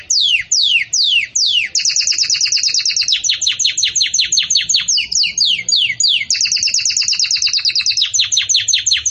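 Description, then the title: Canary song: a few separate falling whistles open into long, fast buzzy trills and sweeping note series, sung without pause. Belgian canary singing in the campainha (bell) style, used to teach song to chicks. "Belíssimo Canto Do Canário Belga Campainha Para Encarte De Filhotes"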